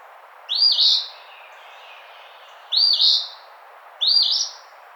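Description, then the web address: Eastern phoebe giving three raspy, slurred two-note phrases, each a quick upward note followed by a burry buzz, with quiet pauses between them. Recorded 16 June 2009. "Eastern Phoebe 2009 06 16"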